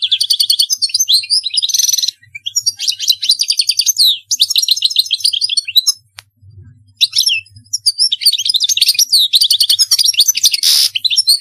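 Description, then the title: European goldfinch song, a fast tumbling run of bright twittering notes and buzzy trills, broken by a short pause midway, over a faint low hum. "Chant Chardonneret"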